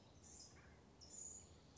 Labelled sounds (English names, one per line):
Blue-gray Gnatcatcher